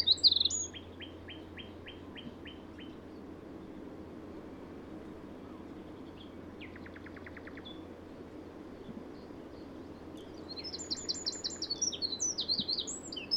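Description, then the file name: Eurasian wren song in two bursts: an opening run of evenly spaced high notes, a long quiet gap with a brief faint rattle, then rapid high phrases near the end. "Troglodytes troglodytes"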